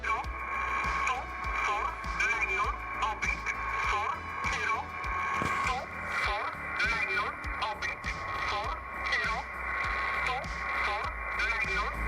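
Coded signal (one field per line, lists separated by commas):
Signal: numbers station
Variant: E11 Oblique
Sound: evenly spaced spoken words, probably numbers, through shortwave noise with steady whine tones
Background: radio static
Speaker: я поки зловив лише одну польську станцію бо Як назло почались дещі і вже не випрошся з ноутбуком на вулицю Це станція з назвою облік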